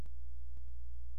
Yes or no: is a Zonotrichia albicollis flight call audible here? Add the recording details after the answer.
no. No flight call is heard. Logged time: 00:14 on 16 September 2014